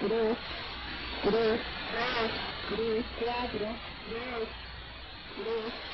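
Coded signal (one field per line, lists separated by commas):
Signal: numbers station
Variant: HM01, Spanish voice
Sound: a voice reading short words one at a time over radio hiss, about seven words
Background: radio static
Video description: A broadcast of the Cuban Numbers Station HM01 on 05/21/2017 ~04:00 UTC on 10860 kHz.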